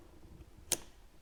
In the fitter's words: it into place you hear that little click that's locked in